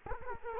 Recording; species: mosquito wingbeat signal from an infrared sensor; Culex quinquefasciatus